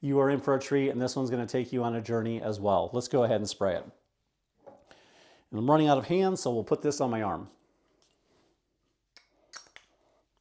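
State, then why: Seated. A perfume bottle's cap is twisted back onto the bottle neck after spraying onto an arm. Someone talks for most of the first 7.5 seconds, followed by a soft spray hiss around 4.9 seconds and faint handling. A sharp, short click at 9.8 seconds marks the cap locking in place.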